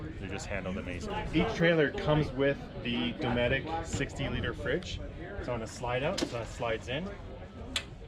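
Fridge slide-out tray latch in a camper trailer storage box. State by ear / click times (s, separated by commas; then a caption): seated / 7.8 s. Someone talks while a Dometic 60 L fridge on a slide-out tray in a camper trailer storage box is pushed back in. The slide latch engages with a short, sharp click at 7.8 s, and the fridge slide-out locks into place.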